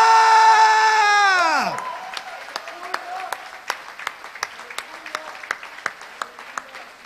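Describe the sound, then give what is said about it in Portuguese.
A crowd with eyes closed shouts one long, sustained war and victory cry on a count of three, its pitch sagging downward as it ends, followed by a few seconds of scattered, uneven applause to the Lord. “No final do grito, o aplauso ao Senhor.”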